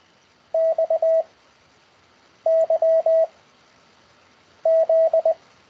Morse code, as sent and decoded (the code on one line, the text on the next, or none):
-..- / -.-- / --..
X Y Z